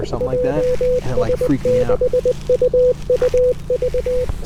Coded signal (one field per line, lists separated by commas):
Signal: Morse code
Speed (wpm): 21 wpm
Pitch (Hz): 500 Hz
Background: speech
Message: JS6UUV